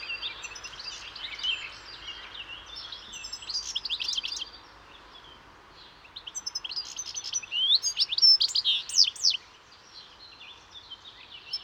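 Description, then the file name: European goldfinch twittering song, two long bursts of fast tinkling notes separated by a quieter pause, over steady background hiss. "Carduelis carduelis"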